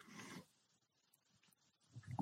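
A dog's short, rough snorting snore, a pause, then another low rumbling breath; ordinary dog snoring.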